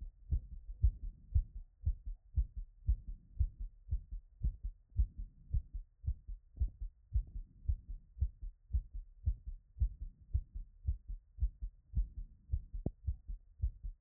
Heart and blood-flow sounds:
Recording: heart sounds by stethoscope after running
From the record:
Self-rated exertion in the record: very light exertion (1 of 6)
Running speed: 6 mph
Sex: female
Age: 28 years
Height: 155 cm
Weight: 44 kg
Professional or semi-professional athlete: no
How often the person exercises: 3 to 5 times a week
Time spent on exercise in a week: over 5 hours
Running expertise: yes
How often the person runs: 3 to 5 times a week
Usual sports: running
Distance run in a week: 45 km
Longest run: 32 km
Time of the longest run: 200 minutes

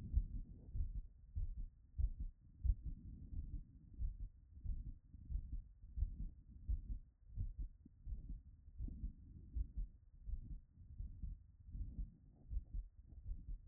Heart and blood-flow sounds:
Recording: heart sounds by stethoscope after running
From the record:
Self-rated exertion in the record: light exertion (2 of 6)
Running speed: 6 mph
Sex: male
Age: 27 years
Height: 185 cm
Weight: 76 kg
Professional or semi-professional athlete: no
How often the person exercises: over 5 times a week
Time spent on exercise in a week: over 5 hours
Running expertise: no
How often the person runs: over 5 times a week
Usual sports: running, weight training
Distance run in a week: 65 km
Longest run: 42 km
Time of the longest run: 214 minutes

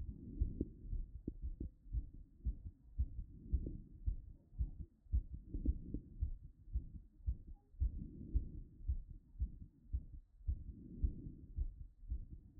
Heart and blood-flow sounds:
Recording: heart sounds by stethoscope after running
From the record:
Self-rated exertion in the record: light exertion (2 of 6)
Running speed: 6 mph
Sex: female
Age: 23 years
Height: 163 cm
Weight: 70 kg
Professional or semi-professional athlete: no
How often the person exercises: 1 to 2 times a week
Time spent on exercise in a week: 1 to 2 hours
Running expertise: no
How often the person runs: 1 to 2 times a week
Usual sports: running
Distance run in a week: 7 km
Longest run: 7 km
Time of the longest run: 50 minutes

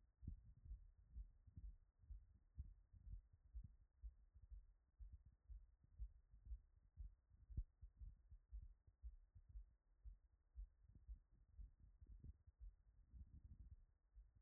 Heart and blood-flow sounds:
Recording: heart sounds by stethoscope after running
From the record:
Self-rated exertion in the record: light exertion (2 of 6)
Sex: male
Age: 37 years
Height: 174 cm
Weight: 76 kg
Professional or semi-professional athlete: no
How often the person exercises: over 5 times a week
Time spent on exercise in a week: over 5 hours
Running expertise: yes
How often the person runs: 3 to 5 times a week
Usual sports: running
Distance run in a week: 70 km

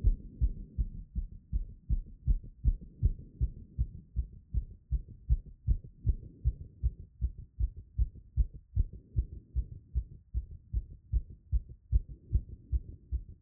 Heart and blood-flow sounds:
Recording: heart sounds by stethoscope after running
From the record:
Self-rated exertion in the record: moderate exertion (3 of 6)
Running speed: 5 mph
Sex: female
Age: 18 years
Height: 171 cm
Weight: 75 kg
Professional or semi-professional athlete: no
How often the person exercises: 1 to 2 times a week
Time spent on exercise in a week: under 1 hour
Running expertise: no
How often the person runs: 1 to 2 times a week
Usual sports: running, fencing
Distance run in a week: 3 km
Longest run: 21.3 km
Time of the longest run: 190 minutes

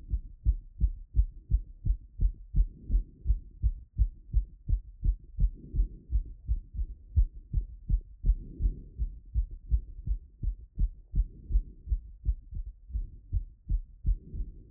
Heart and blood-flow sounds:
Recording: heart sounds by stethoscope after running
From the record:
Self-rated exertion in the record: moderate exertion (3 of 6)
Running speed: 6 mph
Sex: male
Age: 31 years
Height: 178 cm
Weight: 72 kg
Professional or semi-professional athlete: no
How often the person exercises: 3 to 5 times a week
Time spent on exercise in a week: 2 to 3 hours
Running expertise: yes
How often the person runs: 3 to 5 times a week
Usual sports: running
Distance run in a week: 5 km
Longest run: 10 km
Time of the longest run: 65 minutes

